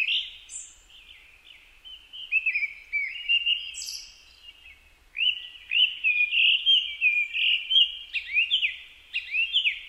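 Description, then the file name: Japanese thrush song with mellow whistled phrases, softer early on, then loud, quickly repeated slurred notes through the second half, plus a few high thin notes. Recorded 4 May 2010 at 18:30. "kurotugumi-20100504-1830"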